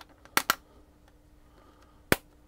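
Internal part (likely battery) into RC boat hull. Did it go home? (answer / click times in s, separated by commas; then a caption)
yes / 2.1 s. A part, likely the battery, is pressed into the hull of a remote-control boat. Two sharp clicks sound at about 0.4 and 0.5 s over a faint steady hum, then a loud, crisp click at 2.1 s as the part locks into the hull and is seated.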